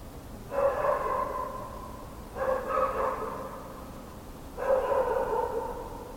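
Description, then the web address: Dog barking in three drawn-out, harmonic bursts roughly two seconds apart, each bark rough and slightly wavering, over a steady low background hiss. Mongrel dogs barking at night in winter. "barking mongrel dogs night winter court"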